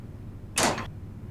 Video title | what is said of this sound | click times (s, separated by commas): Carryall Transporter XL ADA compliant utility vehicle - Operational Video | with your legs and gently lift the ramp in one continuous motion up and towards a vehicle listen for the audible click as the ramp reaches its full upright position | 0.6 s